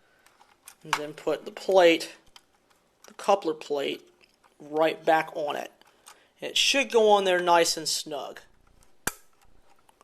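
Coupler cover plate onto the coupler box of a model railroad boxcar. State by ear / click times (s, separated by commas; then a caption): seated / 9.1 s. Someone talks while a plastic coupler cover plate is pressed back onto the coupler box of an HO scale model boxcar. A single sharp click at 9.1 s marks the plate snapping on, seated and secure.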